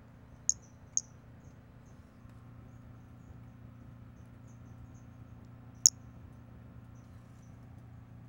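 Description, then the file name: Pumpkin toadlet calls: two sharp high chirps half a second apart, a lone chirp later, and fainter high notes between, over low steady hum. Recorded 5 February 2016. "Brachycephalus albolineatus 160205"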